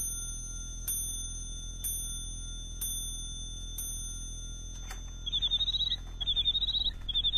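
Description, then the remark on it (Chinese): A bird-song clock, a gift from the Empress Dowager to be passed on to Zhan Tianyou, rings four evenly spaced, bright metallic chimes, then breaks into short bursts of high, warbling mechanical birdsong chirps. No one speaks. “你替我把这座鸟鸣钟送给詹天佑，这是太后赏给我的”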